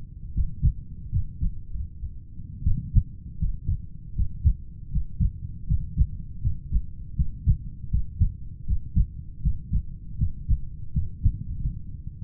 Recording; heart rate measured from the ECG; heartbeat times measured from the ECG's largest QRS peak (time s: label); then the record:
heart sounds by stethoscope; 80 bpm
0.32 s: heartbeat
1.10 s: heartbeat
1.76 s: heartbeat
2.63 s: heartbeat
3.37 s: heartbeat
4.14 s: heartbeat
4.90 s: heartbeat
5.65 s: heartbeat
6.40 s: heartbeat
7.15 s: heartbeat
7.89 s: heartbeat
8.65 s: heartbeat
9.41 s: heartbeat
10.17 s: heartbeat
10.91 s: heartbeat
11.58 s: heartbeat
From the record:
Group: heart failure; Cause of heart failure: idiopathic cardiomyopathy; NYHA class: 2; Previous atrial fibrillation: present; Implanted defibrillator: present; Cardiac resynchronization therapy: present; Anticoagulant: warfarin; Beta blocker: metoprolol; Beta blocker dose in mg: 50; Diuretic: furosemide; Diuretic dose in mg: 40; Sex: male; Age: 62 years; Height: 184 cm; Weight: 101 kg